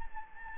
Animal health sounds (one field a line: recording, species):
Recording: mosquito wingbeat signal from an infrared sensor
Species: Anopheles gambiae